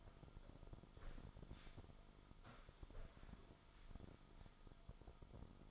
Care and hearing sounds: daily activity, microphone in the room; sit down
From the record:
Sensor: 5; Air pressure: 1005.1 hPa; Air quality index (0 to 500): 103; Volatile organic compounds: 2 ppm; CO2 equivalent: 1262 ppm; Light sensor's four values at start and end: 34/79/32/30 and 34/80/32/30

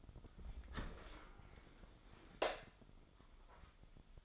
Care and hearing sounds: daily activity, microphone in the room; open dishwasher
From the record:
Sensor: 5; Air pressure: 996.0 hPa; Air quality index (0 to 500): 100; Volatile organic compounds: 6 ppm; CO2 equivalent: 1930 ppm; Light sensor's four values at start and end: 41/94/41/44 and 41/94/40/44

